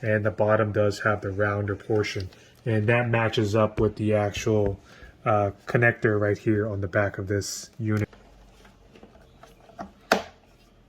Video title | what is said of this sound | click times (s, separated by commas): LG Soundbar SN7R Installation and Install | Right. So we got that nice click, and so we know that is plugged in. | 10.1 s